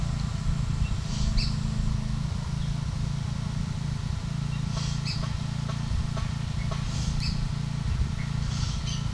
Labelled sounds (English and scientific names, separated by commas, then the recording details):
Yellow-rumped Cacique (Cacicus cela)
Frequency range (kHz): Yellow-rumped Cacique (Cacicus cela) 1.2-10.7 kHz
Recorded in pastures near Puerto Asís, Putumayo, Colombia, on 24 June 2025 at 15:00
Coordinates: 0.497, -76.327
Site G040